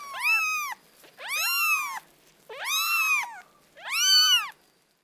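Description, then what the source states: Cat kittens' squeaks, four drawn-out, arched, harmonic-rich cries, each under a second, with short pauses between. Newborn kittens, squeaking.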